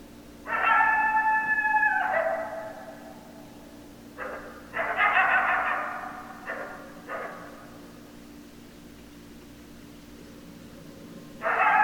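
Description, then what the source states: Coyote chorus: a sustained howl sliding down at its end, followed by clustered yips and short barking howls, then a fresh howl starting as it ends. Recorded 2012-12-10; more than one coyote.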